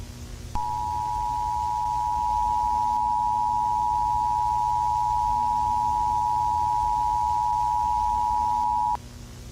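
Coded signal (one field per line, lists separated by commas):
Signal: Emergency Alert System (SAME) tones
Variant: 853 and 960 Hz attention tone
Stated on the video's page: Fictional EAS scenario.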